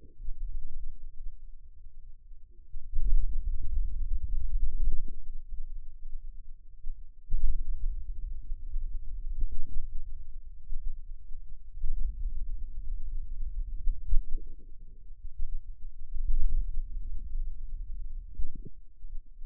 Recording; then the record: forearm muscle sounds (acoustic myography)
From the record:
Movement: hand opening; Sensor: system 2, bracelet of six BSWA MPA416 microphones around the upper forearm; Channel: 6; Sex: male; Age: 22 years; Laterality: right